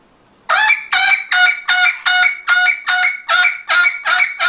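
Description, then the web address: Parrot giving a rapid series of loud, harsh squawks, about two or three a second, fairly evenly paced. "попугай"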